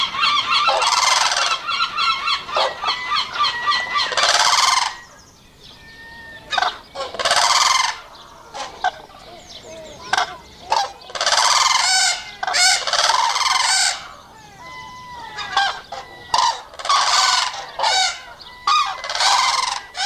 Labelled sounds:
Blue Crane call
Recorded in captivity
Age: adult
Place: Zoo Berlin, Berlin, DE
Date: 1986-05-02 12:08
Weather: sonnig, 17°C
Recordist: Tembrock, Günter

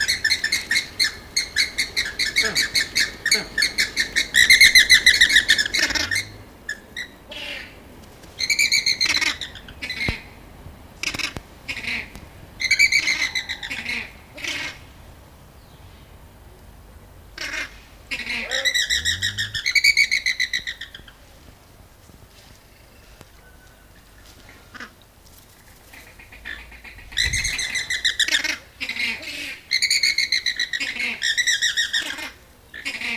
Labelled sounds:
Andean Flamingo aggressive call
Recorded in captivity
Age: adult
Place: Zoo Berlin, Berlin, DE
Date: 2000-08-29 13:59
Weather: heiter, 21°C
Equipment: Nagra SN, Kopie Uher 4000 Report Monitor
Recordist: Tembrock, Günter

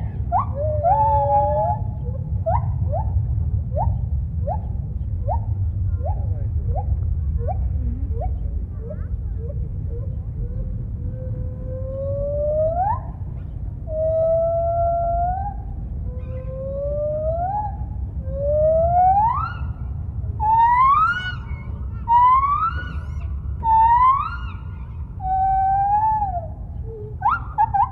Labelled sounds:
Lar Gibbon
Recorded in captivity
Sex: diverse
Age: adult
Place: Tierpark Berlin, Berlin, DE
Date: 1975-09-21 10:20
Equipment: Uher CR 210, Verstärker, Sennheiser MD 421, Uher 4200 Report Stereo
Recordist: Tembrock, Günter

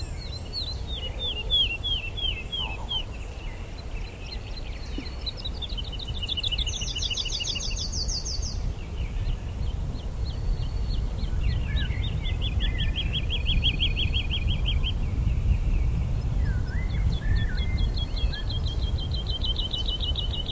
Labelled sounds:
Wood Lark flight song
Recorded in the wild
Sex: male
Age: adult
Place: Brunow, Gamengrund, Brandenburg, DE
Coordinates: 52.7272, 13.8911
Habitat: field
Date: 1995-04-16 19:00
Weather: overcast, intermittent rain, 4°C, weak winds
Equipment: Sony WM-D6C, Sennheiser ME 80, K 30 AV (III), Kopie Revox C 270
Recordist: Frommolt, Karl-Heinz

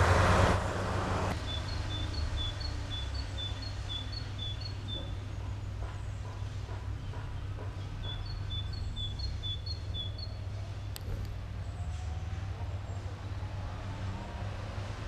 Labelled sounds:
Common Chaffinch song
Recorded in the wild
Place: Garmisch-Partenkirchen, Bayern, DE
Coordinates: 47.4808, 11.0461
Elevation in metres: 736
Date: 1980-04-01
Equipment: Uher 4000, Sennheiser MKH 415 T
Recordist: Tretzel, Erwin

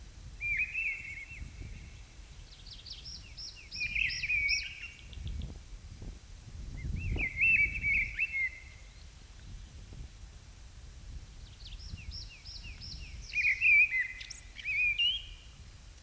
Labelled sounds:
Mistle Thrush song
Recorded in the wild
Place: Montreux, Kanton Waadt, CH
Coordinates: 46.4586, 6.94
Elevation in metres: 1158
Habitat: mountains
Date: 1986-05-22
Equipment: Uher 4000 Report, Sennheiser MKH 815 T
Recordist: Tretzel, Erwin

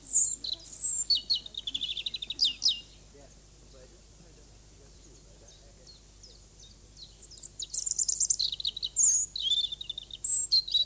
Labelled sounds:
European Robin song
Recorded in the wild
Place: Lübars (Fließtal), Berlin, DE
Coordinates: 52.6167, 13.35
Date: 2004-04-11 13:30
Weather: overcast, 14°C
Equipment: Fair Mate ST-1328 (Asahi Electronics, Japan), Sennheiser ME 80, Kopie Uher 4000 Report Monitor
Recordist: Tembrock, Günter

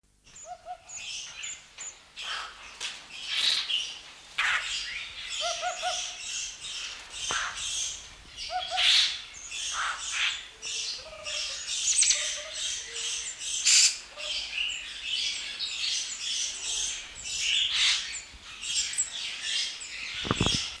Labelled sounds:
Eurasian Hoopoe
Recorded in captivity
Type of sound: song, call sequence
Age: adult
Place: Zoo Berlin, Berlin, DE
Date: 1997-12-30
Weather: heiter, 3°C
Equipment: Marantz CP 130, Sony F-V9, Kopie Uher 4000 Report Monitor
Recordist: Tembrock, Günter
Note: Zwei- und dreisilbige Rufe und Lautsequenz bei Futterangebot an Partner

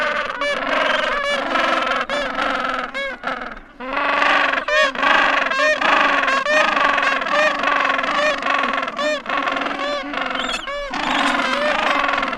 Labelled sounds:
Gentoo Penguin call
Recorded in the wild
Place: Yankee Harbour, Antarctica, AQ
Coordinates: -62.31, -59.46
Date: 2019-01-02
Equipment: Olympus LS-100, Sennheiser ME66
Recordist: Beaulieu, Michaël
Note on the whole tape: In Kolonie von Eselspinguinen. Küken

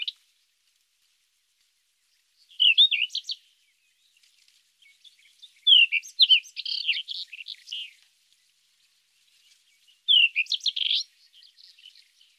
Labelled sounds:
Rufous-tailed Scrub Robin song
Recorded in the wild
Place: National Independence Park, Aschgabat, TM
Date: 2001-05-15
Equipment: MiniDisc Sharp MT 20 H
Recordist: Schwarz, Dieter

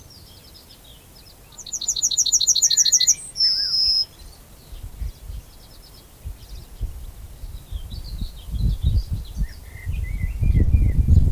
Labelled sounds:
Yellowhammer song
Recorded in the wild
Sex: male
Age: adult
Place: Köppchensee, Berlin, DE
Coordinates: 52.6167, 13.3667
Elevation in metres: 40
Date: 2000-05-21 13:40
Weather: heiter, 17°C
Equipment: Nagra SN, Kopie Uher 4000 Report Monitor
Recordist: Tembrock, Günter

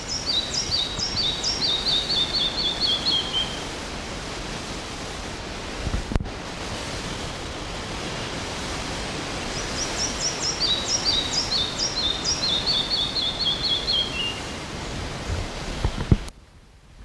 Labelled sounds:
Red-breasted Flycatcher song
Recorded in the wild
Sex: male
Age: adult
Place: Mühlenbecker Wald, Brandenburg, DE
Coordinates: 52.6939, 13.4072
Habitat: forest
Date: 1988-06-04 12:04
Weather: overcast, 18-20°C, wind
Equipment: Nagra SN, Kopie Tesla B 116
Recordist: Tembrock, Günter
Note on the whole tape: Im Sperrgebiet am Schloss Damsmühle, nahe dem ehemaligen Barockportal (Einfahrt Nordseite des Sees). Gesang (fünf Strophen)

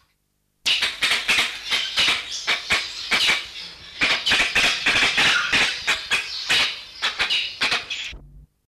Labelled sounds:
Grey-winged Trumpeter call
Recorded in captivity
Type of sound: call
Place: Zoo Osnabrück, DE
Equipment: Halbspur, 9,5 cm/s
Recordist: Lütgens, Hans
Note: 2 Tiere getrennt. Zoo Osnabrück 1974

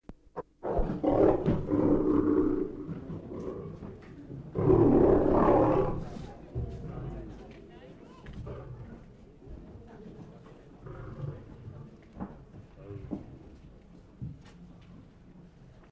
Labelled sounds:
Lion growling
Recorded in captivity
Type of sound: growling
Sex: male
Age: adult
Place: Zoo Leipzig, Sachsen, DE
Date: 1959-09-15 13:30
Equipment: Reporter
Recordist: Tembrock, Günter
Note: Zwei Männchen mit Futter: Grollen. Abstand 4 m

